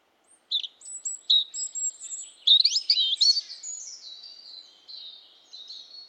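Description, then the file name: European robin song, a rippling stream of high, thin whistles and trills rising to a louder flurry, then thinning into drawn-out quiet notes. "Erithacus rubecula"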